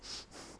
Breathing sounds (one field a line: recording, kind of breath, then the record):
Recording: one breath in and out by a microphone near the nose and mouth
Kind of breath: strong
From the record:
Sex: male